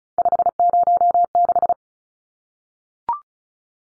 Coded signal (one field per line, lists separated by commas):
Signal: Morse code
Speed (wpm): 34 wpm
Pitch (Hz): 700 Hz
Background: none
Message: 506